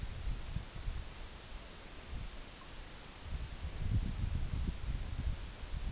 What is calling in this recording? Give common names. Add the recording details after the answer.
none. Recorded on Arctic tundra, site EABA-MC, on 24 June 2019. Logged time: 12:00